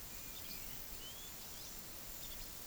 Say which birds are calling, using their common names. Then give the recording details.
Yellow-crowned Tyrannulet. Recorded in pastures near Puerto Asís, Putumayo, Colombia, on 20 February 2024 at 11:30. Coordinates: 0.466, -76.323. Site G6384